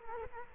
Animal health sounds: mosquito wingbeat signal from an infrared sensor; Culex quinquefasciatus

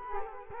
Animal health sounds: mosquito wingbeat signal from an infrared sensor; Culex quinquefasciatus

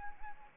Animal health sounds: mosquito wingbeat signal from an infrared sensor; Anopheles arabiensis

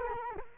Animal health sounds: mosquito wingbeat signal from an infrared sensor; Culex quinquefasciatus

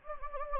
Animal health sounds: mosquito wingbeat signal from an infrared sensor; Anopheles gambiae

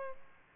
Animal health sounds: mosquito wingbeat signal from an infrared sensor; Aedes aegypti

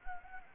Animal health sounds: mosquito wingbeat signal from an infrared sensor; Anopheles gambiae

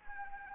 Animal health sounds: mosquito wingbeat signal from an infrared sensor; Anopheles arabiensis

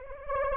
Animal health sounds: mosquito wingbeat signal from an infrared sensor; Anopheles arabiensis

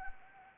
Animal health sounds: mosquito wingbeat signal from an infrared sensor; Anopheles arabiensis

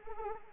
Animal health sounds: mosquito wingbeat signal from an infrared sensor; Anopheles arabiensis

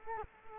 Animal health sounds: mosquito wingbeat signal from an infrared sensor; Culex quinquefasciatus

